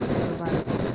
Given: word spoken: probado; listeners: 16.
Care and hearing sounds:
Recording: one Spanish word in noise, from a listening test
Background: noise modulated by three-talker babble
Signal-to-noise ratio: -7.7 dB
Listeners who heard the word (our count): 0 of 16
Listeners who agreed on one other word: 9 of 16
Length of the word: 0.55 s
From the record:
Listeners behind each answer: 9, 2, 1, 1, 1, 1, 1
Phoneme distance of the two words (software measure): 34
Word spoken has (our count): 3 syllables, 7 phonemes, stress on syllable 2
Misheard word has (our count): 2 syllables, 5 phonemes, stress on syllable 2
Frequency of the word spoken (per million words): 10.51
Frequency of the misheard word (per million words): 8.13

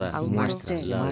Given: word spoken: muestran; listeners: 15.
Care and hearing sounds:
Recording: one Spanish word in noise, from a listening test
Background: four-talker babble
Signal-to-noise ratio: -1.7 dB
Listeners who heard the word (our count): 0 of 15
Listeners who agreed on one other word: 8 of 15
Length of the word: 0.72 s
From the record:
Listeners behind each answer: 8, 2, 2, 1, 1, 1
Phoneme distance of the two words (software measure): 10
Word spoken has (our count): 2 syllables, 8 phonemes, stress on syllable 1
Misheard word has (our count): 2 syllables, 8 phonemes, stress on syllable 1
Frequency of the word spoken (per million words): 37.62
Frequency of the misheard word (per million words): 30.89

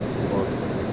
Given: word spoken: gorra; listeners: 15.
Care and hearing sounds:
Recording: one Spanish word in noise, from a listening test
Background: speech-shaped noise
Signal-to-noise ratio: -4.6 dB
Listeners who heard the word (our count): 0 of 15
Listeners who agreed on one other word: 8 of 15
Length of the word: 0.53 s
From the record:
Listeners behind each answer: 8, 2, 1, 1, 1, 1, 1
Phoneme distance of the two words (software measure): 17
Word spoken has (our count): 2 syllables, 4 phonemes, stress on syllable 1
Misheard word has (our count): 2 syllables, 3 phonemes, stress on syllable 1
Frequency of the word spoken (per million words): 5.72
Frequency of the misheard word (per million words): 14.99

